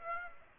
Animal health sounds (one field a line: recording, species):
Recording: mosquito wingbeat signal from an infrared sensor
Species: Aedes aegypti